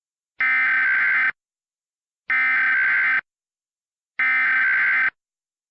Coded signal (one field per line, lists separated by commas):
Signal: Emergency Alert System (SAME) tones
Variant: header bursts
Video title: *VALID TONES* War Of The Worlds REMASTERED (EAS Scenario)